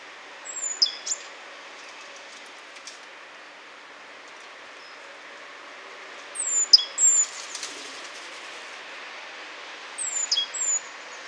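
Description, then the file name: Great tit calls: thin, very high notes that drop sharply in pitch. They come in short clusters, three bouts spread throughout, over a steady soft hiss. "Parus major"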